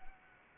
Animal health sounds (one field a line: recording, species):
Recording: mosquito wingbeat signal from an infrared sensor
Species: Anopheles arabiensis